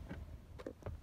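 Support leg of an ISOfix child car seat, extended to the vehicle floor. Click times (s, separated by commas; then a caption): 0.7 s, 0.9 s. The support leg of an Axkid ONE ISOfix child car seat is released with the grey button, slid down to the vehicle floor and pushed until it clicks into position. Sharp clicks sound at 0.7 s and 0.9 s over a low rumble, and the leg is seated.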